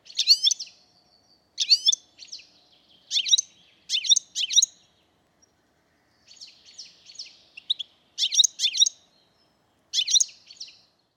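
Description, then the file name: European Goldfinch giving lively, liquid twittering calls, quick high chirps grouped in rapid doublets and triplets, with brief pauses and a softer chattering passage midway. "Carduelis carduelis"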